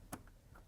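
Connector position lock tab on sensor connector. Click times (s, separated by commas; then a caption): 0.1 s. On a 3.0 Duramax EGR and MAF/MAP sensor connector, the red plastic position-lock tab is pushed back in to lock the plugged connector in place. It makes a sharp click at 0.1 s, followed by two fainter ticks near 0.3 s and 0.6 s. The locking tab is pushed home and the connector is seated.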